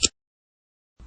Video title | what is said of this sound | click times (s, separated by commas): Mac 4 Pro RAM Upgrade | So, go ahead and remove the RAM from the system. You should hear the click sound. | 0.0 s